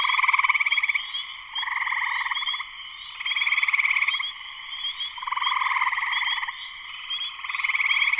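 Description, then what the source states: Massed spring peepers: shrill overlapping peeps and rhythmic surges of pulsed trilling, alternating loud and softer stretches. Full chorus shortly after sunset, Sleeping Bear Dunes National Lakeshore, northern Michigan, USA.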